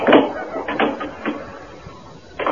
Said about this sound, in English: Let me close the door.